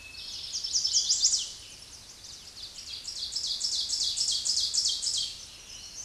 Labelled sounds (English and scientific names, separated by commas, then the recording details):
Ovenbird (Seiurus aurocapilla) song
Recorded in a Pennsylvania forest on 16 May 2024 at 07:49
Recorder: AudioMoth, point MSD-2166
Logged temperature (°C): 16.3 °C
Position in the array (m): 108 m, -5 m